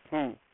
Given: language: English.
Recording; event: throat vibration sensor signal played as sound; speech